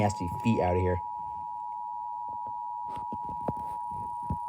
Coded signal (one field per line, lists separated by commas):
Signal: Emergency Alert System (SAME) tones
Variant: 853 and 960 Hz attention tone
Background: speech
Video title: some weird NJ RMT (EAS #954-955)